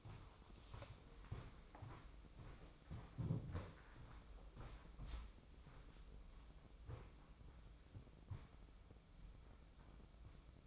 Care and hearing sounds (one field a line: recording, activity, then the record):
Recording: daily activity, microphone in the room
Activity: walk to room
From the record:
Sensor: 1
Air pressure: 995.6 hPa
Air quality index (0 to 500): 37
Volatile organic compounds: 1 ppm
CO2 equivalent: 629 ppm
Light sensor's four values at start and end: 28/98/37/39 and 30/105/40/41